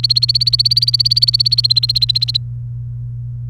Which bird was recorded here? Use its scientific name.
Serinus canaria